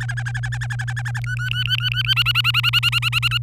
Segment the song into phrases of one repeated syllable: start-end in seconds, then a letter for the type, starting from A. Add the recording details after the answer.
0.00-1.20 A, 1.24-2.14 B, 2.16-3.38 C. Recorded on 27 April 2018 at 10:25. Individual llb3